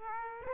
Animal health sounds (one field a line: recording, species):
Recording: mosquito wingbeat signal from an infrared sensor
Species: Aedes aegypti